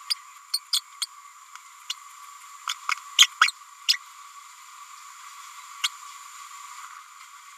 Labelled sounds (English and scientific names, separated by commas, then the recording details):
Green-rumped Parrotlet (Forpus passerinus) babbling
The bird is a female
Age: 30 days
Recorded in a nest box in Venezuela
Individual 17B102A6